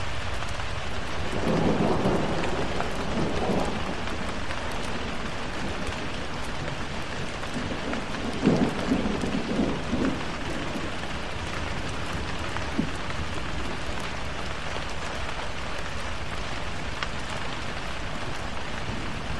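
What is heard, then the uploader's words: Rain falls steadily throughout, a dense, even hiss with scattered drops tapping across it. A low rumble of thunder swells around two seconds and again near nine to ten seconds, then fades. A few sharper drips stand out later. Thunderstorm and Rain Sounds.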